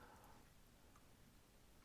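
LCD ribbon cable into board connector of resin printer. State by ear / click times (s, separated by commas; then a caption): not seated / none. The LCD ribbon cable of a Peopoly Phenom NOIR resin printer is eased toward its board connector after the locking flap is pulled back. Only faint, steady low noise with a few soft ticks is heard while the cable is positioned. Nothing has seated or clicked yet; the cable has not been pushed in.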